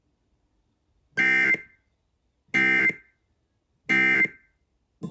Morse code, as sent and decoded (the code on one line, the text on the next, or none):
none